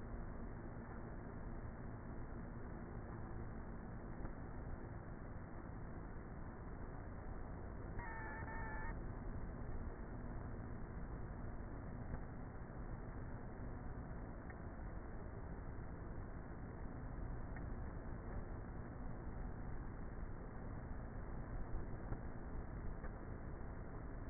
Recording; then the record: honeybee colony, microphone inside the hive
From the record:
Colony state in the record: queenless with a low population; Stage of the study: before two queens were removed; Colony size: about 30,000 bees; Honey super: no